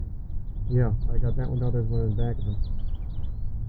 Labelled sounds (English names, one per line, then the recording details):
House Finch song
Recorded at Atlantic Beach West on Long Island, New York, on 2 June 1975
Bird B